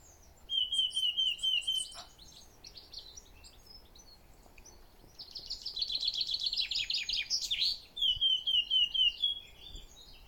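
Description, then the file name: Eurasian blackcap song: a run of clear, repeated fluted whistles with some scratchy notes, then a burst of rapid scratchy warbling followed by another run of whistles. "Sylvia atricapilla"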